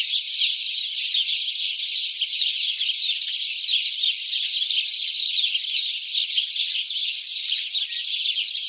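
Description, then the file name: House sparrow group giving constant shrill chirps, overlapping into a busy, even chatter across the recording. "Passer domesticus"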